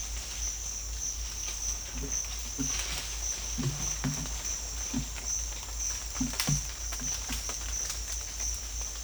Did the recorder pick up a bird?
no